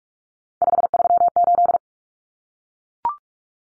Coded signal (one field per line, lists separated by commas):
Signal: Morse code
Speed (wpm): 44 wpm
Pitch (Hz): 700 Hz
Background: none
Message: 538